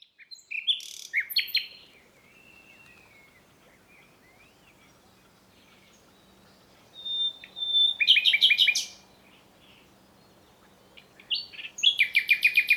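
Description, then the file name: Common nightingale song in three bursts of varied clicks, whistles and rapid trills, separated by quiet gaps. "Luscinia megarhynchos"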